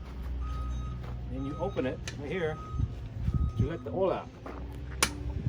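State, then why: Released. A wrench turns the engine oil drain plug in the oil pan while someone talks. At 5.0 s it gives a sharp click as it breaks free. The plug is now loose and can be twisted off by hand.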